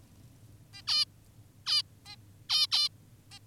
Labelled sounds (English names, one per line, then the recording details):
Zebra Finch
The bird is an adult
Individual g19o10U